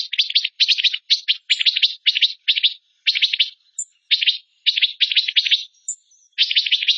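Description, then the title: Bird singing energetic rattling phrases, dense buzzy note clusters repeated with brief pauses, a couple of faint high whistled squeaks between them, otherwise quiet background. Masteran tutor song of a bird singing gacor (energetically) in tembakan style, Indonesia. "Masteran Burung Tembakan Gacor"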